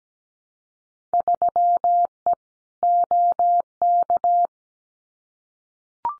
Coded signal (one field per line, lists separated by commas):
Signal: Morse code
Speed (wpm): 17 wpm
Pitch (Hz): 700 Hz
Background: none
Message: 3E OK